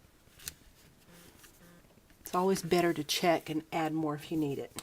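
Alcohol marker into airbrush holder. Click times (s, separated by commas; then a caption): 0.5 s. A Copic alcohol marker is pushed back into its airbrush holder after its blue ink is checked, and it snaps into place with a sharp click at 0.5 s, so the marker is seated. Someone then talks.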